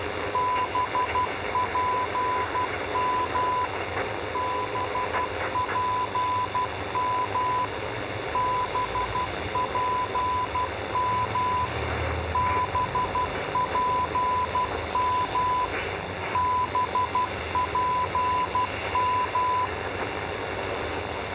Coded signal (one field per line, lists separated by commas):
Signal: Morse code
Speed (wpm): 12 wpm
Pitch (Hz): 1000 Hz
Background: radio noise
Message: BPM BPM BPM BPM BPM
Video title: Time Signal 🕙 China 🇨🇳